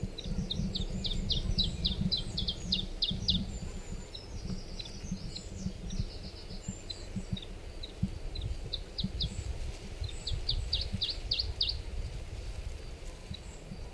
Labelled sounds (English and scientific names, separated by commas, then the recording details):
Iberian Chiffchaff (Phylloscopus ibericus)
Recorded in the wild
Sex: diverse
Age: diverse
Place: Ramales de la Victoria, Nordspanien, Kantabrien, ES
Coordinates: 43.2333, -3.43333
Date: 1964-06-08 18:00
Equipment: Nagra III PH, Parabolspiegelmikrophon, LGS26
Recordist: Stumbrat
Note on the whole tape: Phylloscopus collybita brehmii (alte Bezeichnung, inzwischen eigene Art). Lockrufe bzw. Warnrufe. Evtl. auch Standortlaute flügger Jungtiere. Auch Aufnahmen vom 9. Juni um 19 Uhr 30: Gesänge. MaAs: M.Sch